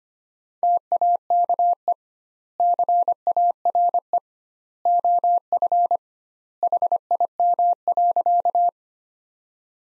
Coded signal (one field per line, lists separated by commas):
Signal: Morse code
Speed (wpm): 25 wpm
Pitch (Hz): 700 Hz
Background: none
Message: TAKE CARE OF HIM.